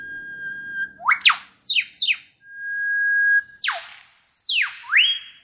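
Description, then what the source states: Superb lyrebird imitating an eastern whipbird, a steady whistle then several sharp downward whip-crack sweeps, followed by a real eastern whipbird: a long steady whistle, a loud downward crack and a second sweep with a rising end. Male superb lyrebird imitating an eastern whipbird, followed by the whipbird itself.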